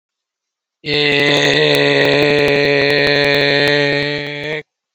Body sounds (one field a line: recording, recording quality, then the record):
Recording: sustained vowel as in made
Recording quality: excellent, no background noise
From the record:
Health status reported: COVID-19 positive, mild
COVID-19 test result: positive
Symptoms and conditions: cough, breathing difficulty, loss of smell and taste, chronic lung disease, pneumonia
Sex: male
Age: 48 years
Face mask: not worn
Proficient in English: yes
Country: India